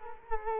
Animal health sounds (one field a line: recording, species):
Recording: mosquito wingbeat signal from an infrared sensor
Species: Culex quinquefasciatus